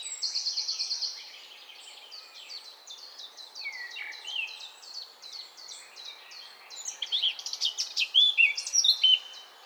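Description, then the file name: Eurasian blackcap song of quick varied twitters and whistled notes, loudest at the start and again toward the end. "Sylvia atricapilla"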